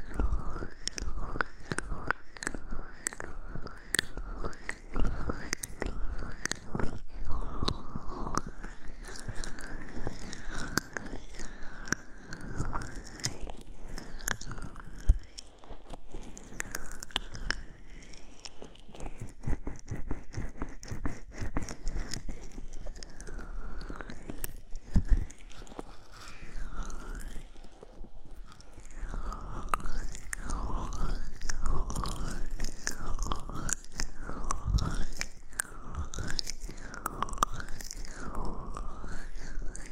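Dense soft brushing and scratching sounds rub steadily near the ear, with rhythmic swishing sweeps and occasional crisp crackles throughout.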